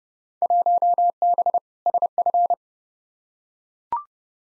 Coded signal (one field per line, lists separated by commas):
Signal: Morse code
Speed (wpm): 31 wpm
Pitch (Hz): 700 Hz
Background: none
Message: 1B SF